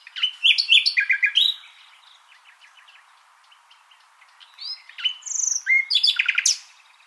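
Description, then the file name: Common nightingale song with loud bursts of rapid chattering notes and whistles, a quiet pause, then more varied phrases. "Luscinia megarhynchos"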